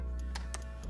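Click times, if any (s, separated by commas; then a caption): 0.4 s, 0.5 s. The double sash locks on the sliding sashes of a Jantek American Classic vinyl triple-slider window are closed, snapping shut with two sharp clicks at about 0.4 s and 0.5 s. Fainter ticks and a steady low hum sit underneath. Both locks seat.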